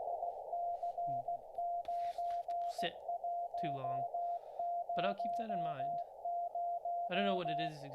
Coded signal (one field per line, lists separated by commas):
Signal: Morse code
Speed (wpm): 16 wpm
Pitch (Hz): 690 Hz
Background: speech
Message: IC9100